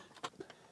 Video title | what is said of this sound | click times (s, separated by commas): Fixing an old disk drive with 3D printed parts (Tandon TM-100) | clicks into place like it should | 0.2 s